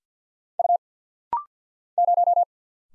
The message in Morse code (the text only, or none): U 0